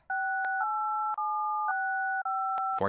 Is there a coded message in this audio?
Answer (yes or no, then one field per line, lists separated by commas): yes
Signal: DTMF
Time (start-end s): 0.1-2.8 s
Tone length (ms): 540 ms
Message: 68765